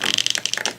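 A plastic head is pressed onto the neck post, with its extension piece, of an S.H. Figuarts Stay Puft Marshmallow Man action figure. A run of short, sharp crackling ticks is heard at about 0.1, 0.2, 0.3, 0.4 and 0.5 seconds. The head has not popped into place yet; nothing has seated.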